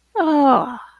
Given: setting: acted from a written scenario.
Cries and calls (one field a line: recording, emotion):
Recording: vocal sound without words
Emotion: ecstasy